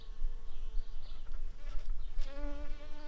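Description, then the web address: Shrill carder bee buzz: a steady droning tone with clear harmonics, faint at first, then stronger and steadier after about two seconds, over low rumbling background noise. Worker bees. "bumblebees Sylvarum-workers"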